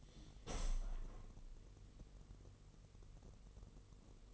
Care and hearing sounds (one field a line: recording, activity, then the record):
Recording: daily activity, microphone in the room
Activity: open window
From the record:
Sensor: 4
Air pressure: 1001.2 hPa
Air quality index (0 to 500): 245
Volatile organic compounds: 43 ppm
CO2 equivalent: 3189 ppm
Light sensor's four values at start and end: 9/19/8/7 and 9/20/8/7